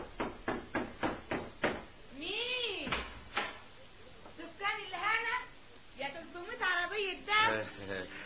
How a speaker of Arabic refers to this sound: خبط يا ابني خبط.